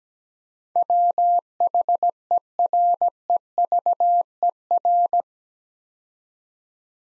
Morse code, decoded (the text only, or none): WHEREVER